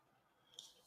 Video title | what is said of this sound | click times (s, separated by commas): Keeping Up With The Cardassians | Just going to squeeze it a little bit. till it locks into place. | 0.6 s